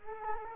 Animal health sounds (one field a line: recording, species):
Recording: mosquito wingbeat signal from an infrared sensor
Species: Culex quinquefasciatus